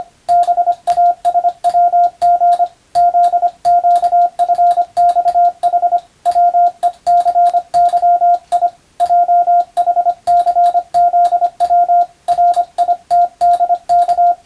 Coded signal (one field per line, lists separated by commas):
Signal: Morse code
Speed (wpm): 25 wpm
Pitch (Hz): 700 Hz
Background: radio noise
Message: BASWG ZQFXH WECYI JHCZW RITDK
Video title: スマホ時代の今でも行われているモールスの国家試験の練習風景です。通信技術の原点！アマチュア無線ハムの受信練習にもどうぞ(morse code practice for radio operator )